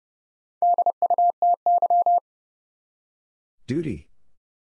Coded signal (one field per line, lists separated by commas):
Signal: Morse code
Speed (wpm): 30 wpm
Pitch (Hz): 700 Hz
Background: none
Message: DUTY